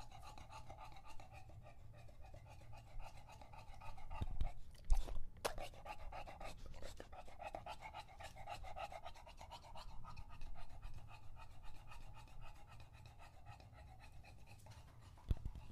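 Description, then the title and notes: English Bulldog with heavy rapid panting, breaths coming in a quick continuous run. Male English Bulldog named Lucho drinking water from a bowl after a long walk, breathing heavily and out of breath between drinks. "English Bulldog Drinks from Water Bowl. listen to Lucho the English Bulldog as he tries to drink water after a long walk. Don't let his heavy breathing fool you in between drinks, he's equally out of breath from the walk"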